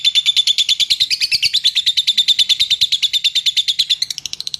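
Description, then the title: Bird song made of quick, evenly repeated high chirps, wavering slightly in pitch, running steadily and fading a little at the close. Masteran training recording used to teach songbirds. "Suara masteran Burung"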